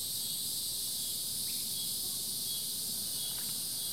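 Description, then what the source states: Insect chorus, a dense, unbroken high-pitched shimmer in several steady bands, with a faint low rumble beneath. Summer chorus.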